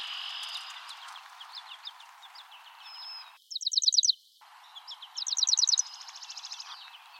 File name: Spizella passerina